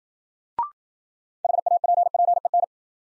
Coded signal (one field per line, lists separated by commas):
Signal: Morse code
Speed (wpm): 52 wpm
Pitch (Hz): 700 Hz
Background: none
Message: HAPPEN